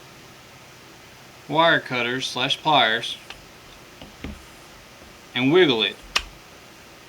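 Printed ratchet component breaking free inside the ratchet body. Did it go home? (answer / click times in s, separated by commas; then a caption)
released / 6.2 s. Someone talks while a part of a single-print plastic 1/2" ratchet is gripped with large wire cutters or pliers and wiggled to break it free from its print support inside the ratchet body. A couple of faint ticks come at about 4.0 and 4.2 s, then a sharp click at 6.2 s as the printed part breaks loose and is released.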